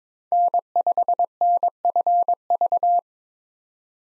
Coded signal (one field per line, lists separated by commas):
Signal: Morse code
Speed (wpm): 21 wpm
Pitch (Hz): 700 Hz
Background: none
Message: N5NFV